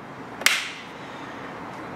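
The third clip at the back of the air box lid on a 2011-2014 Ford F-150 3.5L EcoBoost is snapped shut onto the air filter housing without tools. A single sharp click sounds at 0.5 s, with a short bright tail fading into quiet background hiss. The clip seats fully closed.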